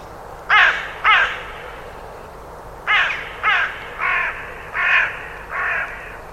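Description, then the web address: Bird uttering harsh, hoarse caws: two quick sharp ones, a short gap, then five more at irregular intervals, against a constant low rumble. "cianscape. Deverinetal 2025. Bird Only"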